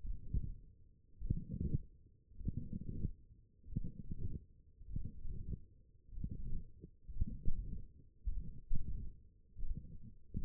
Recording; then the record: forearm muscle sounds (acoustic myography)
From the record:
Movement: forearm supination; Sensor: system 1, eight BSWA MPA416 microphones around the upper forearm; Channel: 4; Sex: male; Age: 21 years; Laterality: right